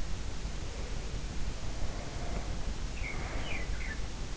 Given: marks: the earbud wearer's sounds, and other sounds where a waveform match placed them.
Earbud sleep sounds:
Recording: sounds in sleep by an in-ear microphone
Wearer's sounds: breath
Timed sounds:
0.41-4.04 s: sound from someone else or the room
1.60-4.04 s: breath

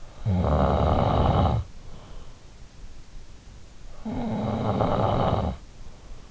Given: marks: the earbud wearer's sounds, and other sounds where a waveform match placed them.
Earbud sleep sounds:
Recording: sounds in sleep by an in-ear microphone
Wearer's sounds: snoring breath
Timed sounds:
0.00-2.28 s: snoring breath
3.54-6.17 s: snoring breath

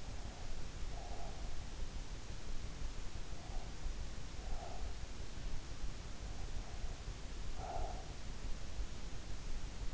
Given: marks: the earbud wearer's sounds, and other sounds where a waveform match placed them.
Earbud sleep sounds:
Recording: sounds in sleep by an in-ear microphone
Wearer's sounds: breath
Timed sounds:
0.00-1.52 s: breath
3.34-5.03 s: breath
6.36-8.21 s: breath

